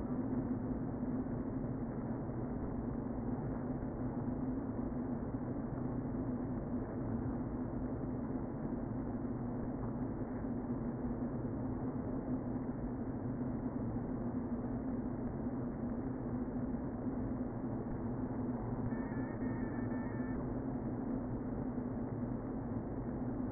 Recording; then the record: honeybee colony, microphone inside the hive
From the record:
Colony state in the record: queen present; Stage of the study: before two queens were removed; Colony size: about 60,000 bees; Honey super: yes